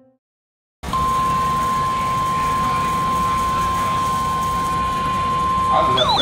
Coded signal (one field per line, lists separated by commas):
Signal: Emergency Alert System (SAME) tones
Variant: 1050 Hz attention tone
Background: speech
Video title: Enhanced Interests.... | EAS Alerts from 8/6/24 | EAS#1,133 - 1,202